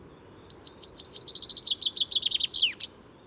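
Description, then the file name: Common chaffinch singing one bright phrase, a series of quick repeated chips that accelerate and fall slightly in pitch, closing with an emphatic downward flourish; quiet background otherwise. "Fringilla coelebs"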